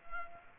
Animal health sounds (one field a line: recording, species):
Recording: mosquito wingbeat signal from an infrared sensor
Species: Culex pipiens